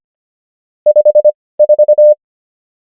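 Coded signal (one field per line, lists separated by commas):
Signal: Morse code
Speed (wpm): 25 wpm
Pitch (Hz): 600 Hz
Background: none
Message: 54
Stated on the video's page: Morse code practice of numbers at 25 wpm character speed and 18 wpm word speed, Farnsworth spacing.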